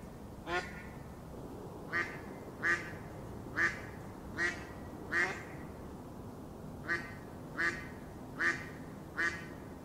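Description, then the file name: Mallard quacks: ten nasal, raspy calls in an uneven series, some paired closely, others a second or more apart. "mallard duck sound"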